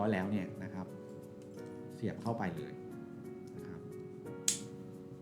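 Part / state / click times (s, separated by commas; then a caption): wiper blade adapter onto wiper arm / seated / 4.5 s. A wiper blade with its adapter fitted is pushed straight onto the wiper arm hook while someone talks over background music. A sharp click at 4.5 s marks the blade locking onto the arm, seated.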